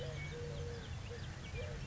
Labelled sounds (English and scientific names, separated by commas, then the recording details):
Eurasian Collared Dove (Streptopelia decaocto)
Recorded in Sonoma County, California